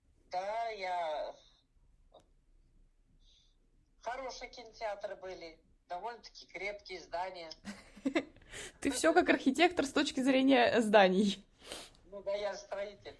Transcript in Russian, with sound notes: да, я…хорошие кинотеатры были. Довольно-таки крепкие здания. [смех]
Ты всё как архитектор с точки зрения зданий.
Ну да, я ж строитель.